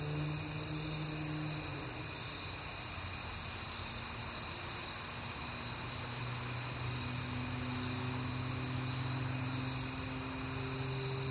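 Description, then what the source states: Cricket chorus, high and unbroken, over low droning tones that shift in pitch throughout. Night, September; crickets heard often lately, recorded on a peaceful night with passing cars.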